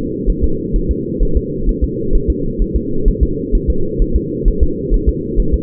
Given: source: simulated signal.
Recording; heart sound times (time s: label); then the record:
fetal heart sounds
0.30 s: S1
0.44 s: S2
0.76 s: S1
0.91 s: S2
1.23 s: S1
1.37 s: S2
1.69 s: S1
1.84 s: S2
2.15 s: S1
2.30 s: S2
2.62 s: S1
2.76 s: S2
3.08 s: S1
3.23 s: S2
3.55 s: S1
3.70 s: S2
4.02 s: S1
4.16 s: S2
4.48 s: S1
4.63 s: S2
4.94 s: S1
5.09 s: S2
5.40 s: S1
5.54 s: S2
From the record:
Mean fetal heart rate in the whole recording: 130 bpm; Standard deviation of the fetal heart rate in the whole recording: 2 bpm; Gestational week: 38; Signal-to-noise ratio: -8.1 dB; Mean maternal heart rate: 72 bpm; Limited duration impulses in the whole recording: absent